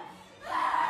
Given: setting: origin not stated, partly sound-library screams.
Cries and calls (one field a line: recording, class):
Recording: one-second piece from a danger detection set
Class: woman in danger